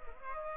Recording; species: mosquito wingbeat signal from an infrared sensor; Culex pipiens